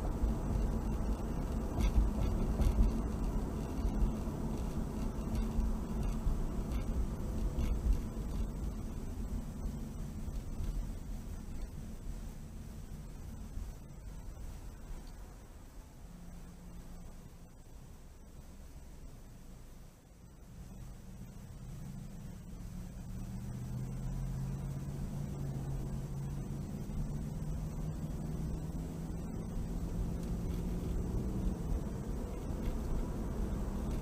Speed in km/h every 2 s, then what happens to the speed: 58, 52, 42, 37, 27, 19, 13, 5, 0, 0, 0, 0, 11, 19, 24, 31, 39.
0-15 brakes to 0. 15-23 standing. 23-34 pulls away to 39.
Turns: none.